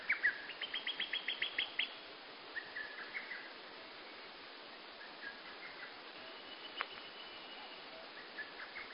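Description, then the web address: Bird song opening with a quick, high, even trill, followed by softer scattered chirped phrases against steady background hiss. Singing at dawn. "gazou goma yoake. bird singing"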